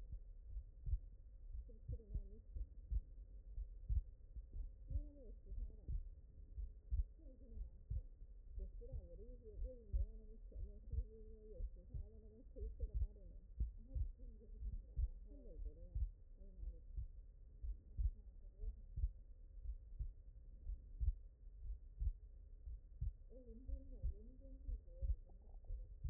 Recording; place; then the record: heart sounds by stethoscope; mitral valve (MV)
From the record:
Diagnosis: non-HFrEF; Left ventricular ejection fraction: 56%